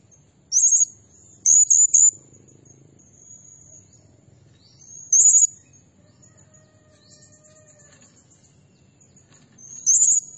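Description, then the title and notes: Blue-crowned hanging parrot producing high, thin trilled squeaks: a single call, then a quick run of three, then single calls several seconds apart, with a low hum behind. Tutor (masteran) and lure (pemikat) recording of an actively calling (gacor) bird, described as 'nembak' (shooting notes) and said to agitate all birds. "Burung Serindit Nembak Gacor Bikin Emosi Semua Burung. Suara Nasteran Dan Pemikat Burung Serinditan Gacor"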